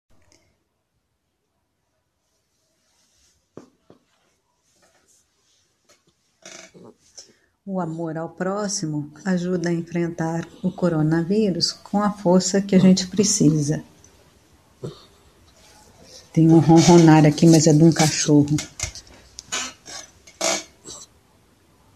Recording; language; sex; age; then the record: spoken sentence; Brazilian Portuguese; female; 50 to 59 years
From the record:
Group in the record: control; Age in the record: 57 years